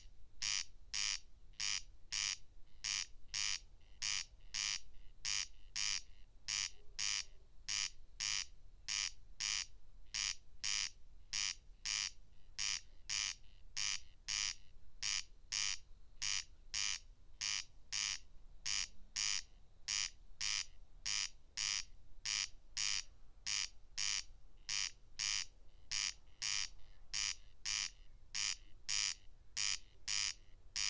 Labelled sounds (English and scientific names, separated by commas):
Corn Crake (Crex crex) song